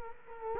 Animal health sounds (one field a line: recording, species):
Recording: mosquito wingbeat signal from an infrared sensor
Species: Culex quinquefasciatus